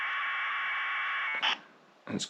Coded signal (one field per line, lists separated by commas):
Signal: packet radio (AX.25, as in APRS)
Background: speech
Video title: SOTA - Six Ways to SELF-SPOT and an alternative for when nothing else works!